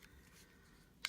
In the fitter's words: Alright, there it goes. Snapped into place.